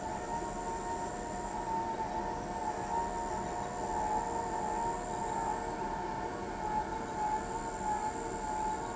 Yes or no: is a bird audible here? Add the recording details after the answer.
no. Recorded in pastures near Pivijay, Magdalena, Colombia, on 13 April 2023 at 22:00. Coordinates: 10.456, -74.369. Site P6-G026